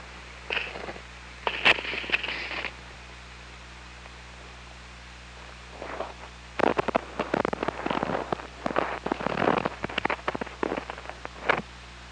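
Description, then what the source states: Killer whale pulsed calls, a few short squealing tones early on, then dense bursts of clicks and pulses over steady underwater hum. Recorded by OrcaLab hydrophone on 24 August 2017 at 21:34:42.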